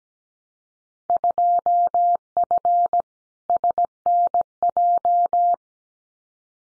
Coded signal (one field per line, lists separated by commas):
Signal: Morse code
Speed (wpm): 17 wpm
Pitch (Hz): 700 Hz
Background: none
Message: 2F SNJ